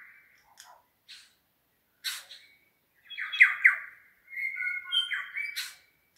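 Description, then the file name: New Zealand bellbird song: scattered short notes, then bright, ringing whistled phrases around the middle and end, with pauses between bursts. Several birds singing in the Craigieburn Range, New Zealand. "New Zealand Bellbirds (Anthornis melanura) singing in Craigieburn Range"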